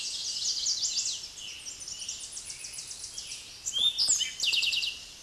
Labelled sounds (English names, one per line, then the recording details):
Eastern Towhee song
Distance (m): 5 m
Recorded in a Pennsylvania forest on 16 May 2024 at 06:03
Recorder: AudioMoth, point MSD-2166
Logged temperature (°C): 16.3 °C
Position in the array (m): 109 m, 6 m